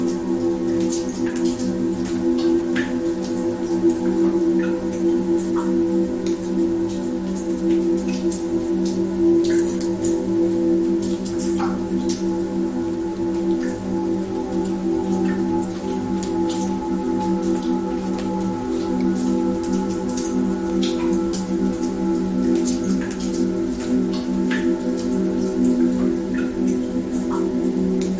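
Water droplets tick and patter irregularly throughout, over a steady low droning tone of sustained music that holds without breaks.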